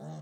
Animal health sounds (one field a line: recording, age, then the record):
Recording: pig call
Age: piglet (1 to 25 days)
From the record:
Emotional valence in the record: negative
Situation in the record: long isolation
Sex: female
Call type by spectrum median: low-frequency call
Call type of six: low-frequency stable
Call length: 0.22 s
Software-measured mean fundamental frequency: 51 Hz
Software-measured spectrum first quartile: 161 Hz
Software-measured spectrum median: 286 Hz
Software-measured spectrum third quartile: 744 Hz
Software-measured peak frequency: 154 Hz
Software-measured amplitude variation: 26 dB a second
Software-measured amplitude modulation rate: 13.9 a second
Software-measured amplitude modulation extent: 1.9 dB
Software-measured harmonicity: 4.4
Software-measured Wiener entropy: -0.50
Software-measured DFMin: 1121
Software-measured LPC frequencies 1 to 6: 701, 1623, 3675, 5961, 6591, 7746 Hz